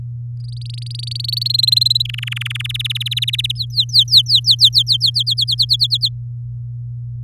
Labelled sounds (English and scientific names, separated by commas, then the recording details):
Domestic Canary (Serinus canaria) song
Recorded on 3 May 2018 at 18:24
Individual llb16